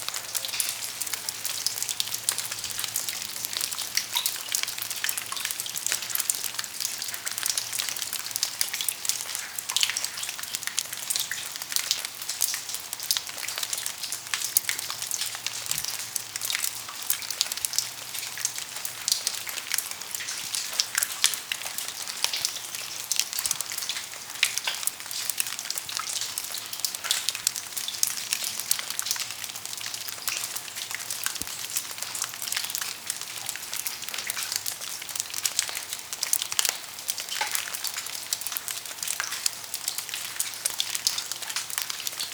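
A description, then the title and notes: Water drips in a cave, falling so thickly that the patter merges into a steady, bright hiss like rain, with sharper individual drops ticking through it all the time. The level holds even throughout, over a faint low hum. Cave Water Drips.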